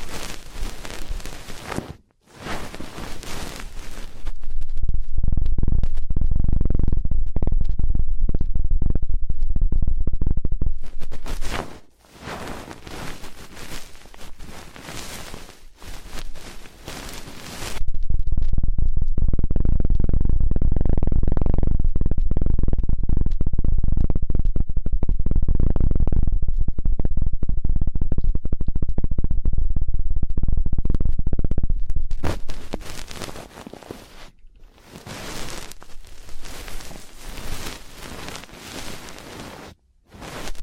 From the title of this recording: ASMR Intense Electrifying Ear Cleaning